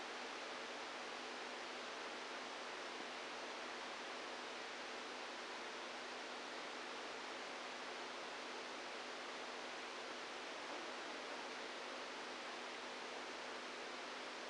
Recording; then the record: brain microelectrode recording played as sound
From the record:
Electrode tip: outside the subthalamic nucleus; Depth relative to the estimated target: 1 mm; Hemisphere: right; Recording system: NeuroSet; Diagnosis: Parkinson's disease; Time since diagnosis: 27 years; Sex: male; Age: 62 years